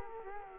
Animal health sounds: mosquito wingbeat signal from an infrared sensor; Culex quinquefasciatus

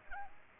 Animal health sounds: mosquito wingbeat signal from an infrared sensor; Aedes aegypti

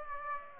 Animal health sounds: mosquito wingbeat signal from an infrared sensor; Aedes aegypti

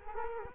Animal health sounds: mosquito wingbeat signal from an infrared sensor; Culex quinquefasciatus

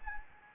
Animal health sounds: mosquito wingbeat signal from an infrared sensor; Anopheles gambiae

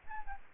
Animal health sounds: mosquito wingbeat signal from an infrared sensor; Aedes albopictus

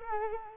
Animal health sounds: mosquito wingbeat signal from an infrared sensor; Culex quinquefasciatus

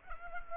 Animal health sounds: mosquito wingbeat signal from an infrared sensor; Culex pipiens

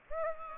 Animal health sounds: mosquito wingbeat signal from an infrared sensor; Aedes aegypti

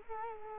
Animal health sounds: mosquito wingbeat signal from an infrared sensor; Culex quinquefasciatus

